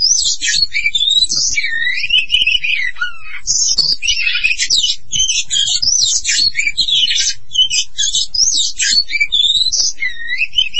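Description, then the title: Oriental magpie-robin song, a near-continuous stream of rich, varied whistles, chirps and rising slurred notes delivered rapidly. "Kacer"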